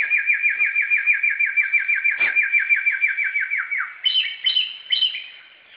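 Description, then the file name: Samyong calling with a fast run of whistled, downslurred notes lasting about four seconds, then a few higher, ringing notes. Recorded in forest. "suara burung samyong di hutan"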